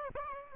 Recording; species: mosquito wingbeat signal from an infrared sensor; Aedes albopictus